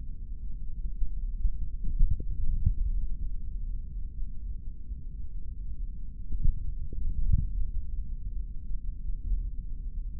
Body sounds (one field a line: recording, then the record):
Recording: forearm muscle sounds (acoustic myography)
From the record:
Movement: index flexion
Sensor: system 3, bracelet of six PUI Audio POM-2738L microphones around the upper forearm, with dedicated amplification and filtering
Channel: 2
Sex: male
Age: 26 years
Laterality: right